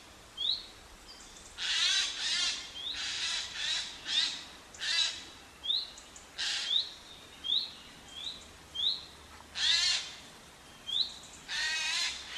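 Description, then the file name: Eurasian jay screeching: harsh, raspy bursts repeated at irregular intervals, with short rising whistled notes between them. "Garrulus glandarius"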